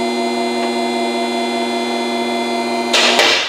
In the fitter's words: when I hear that click I stop